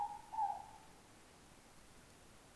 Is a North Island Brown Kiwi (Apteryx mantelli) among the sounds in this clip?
no